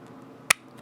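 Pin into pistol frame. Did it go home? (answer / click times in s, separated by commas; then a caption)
yes / 0.5 s. A pin pushed into a Glock pistol frame by thumb is driven home with a Glock tool until it locks into its grooves. A sharp, bright metallic click at 0.5 s marks the pin seating over a quiet background, followed by a much fainter tick near 0.9 s.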